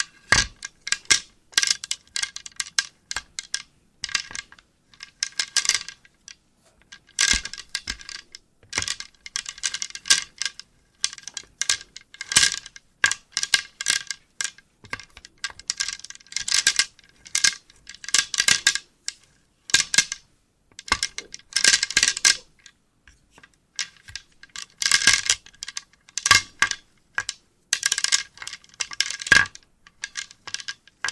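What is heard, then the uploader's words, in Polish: A "wooden soup" of small wooden pieces clatters and rattles in dense, irregular bursts that run through the whole half minute. Sharp, bright clicks pile up in quick flurries, separated by brief near-silent pauses every second or two, with little low sound beneath. Drewniana zupa IDEALNE NA SEN ASMR po polsku!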